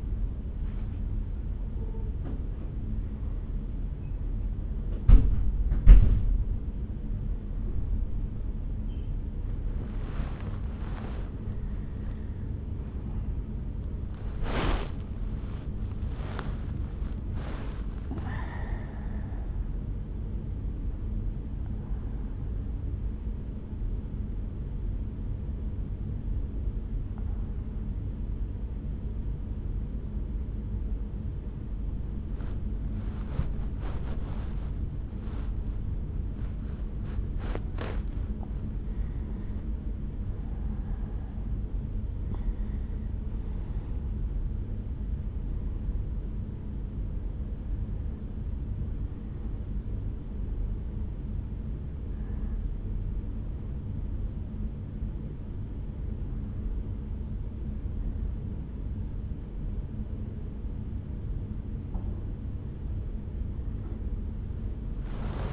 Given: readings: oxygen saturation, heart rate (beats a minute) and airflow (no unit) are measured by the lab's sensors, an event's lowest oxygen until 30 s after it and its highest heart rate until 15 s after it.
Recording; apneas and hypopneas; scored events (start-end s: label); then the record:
a person awake in a sleep study, by a smartphone at the bedside; none
10.00-65.53 s: awake
From the record:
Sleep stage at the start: awake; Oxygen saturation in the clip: 94 to 98%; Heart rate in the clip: 59 to 73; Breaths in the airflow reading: 15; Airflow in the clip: -8.5 to 5.4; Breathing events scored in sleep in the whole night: 449 in 7.0 hours asleep